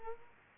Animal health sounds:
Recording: mosquito wingbeat signal from an infrared sensor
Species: Culex quinquefasciatus

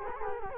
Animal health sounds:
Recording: mosquito wingbeat signal from an infrared sensor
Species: Culex quinquefasciatus

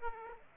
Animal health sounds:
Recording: mosquito wingbeat signal from an infrared sensor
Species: Aedes aegypti

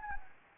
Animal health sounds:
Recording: mosquito wingbeat signal from an infrared sensor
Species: Anopheles gambiae

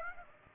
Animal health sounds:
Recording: mosquito wingbeat signal from an infrared sensor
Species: Aedes aegypti

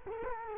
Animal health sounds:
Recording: mosquito wingbeat signal from an infrared sensor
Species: Culex quinquefasciatus

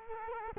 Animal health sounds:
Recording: mosquito wingbeat signal from an infrared sensor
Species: Culex quinquefasciatus

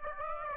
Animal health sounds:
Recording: mosquito wingbeat signal from an infrared sensor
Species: Aedes aegypti

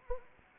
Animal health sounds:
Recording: mosquito wingbeat signal from an infrared sensor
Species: Anopheles arabiensis

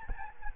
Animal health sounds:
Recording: mosquito wingbeat signal from an infrared sensor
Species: Aedes albopictus

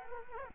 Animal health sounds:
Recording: mosquito wingbeat signal from an infrared sensor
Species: Culex quinquefasciatus

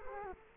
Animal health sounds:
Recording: mosquito wingbeat signal from an infrared sensor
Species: Culex quinquefasciatus

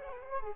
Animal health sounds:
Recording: mosquito wingbeat signal from an infrared sensor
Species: Culex quinquefasciatus

